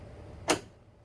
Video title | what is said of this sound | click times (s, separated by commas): 2016 F150 Tailgate Assist Install | just kind of push down on them and they snap into place alright | 0.5 s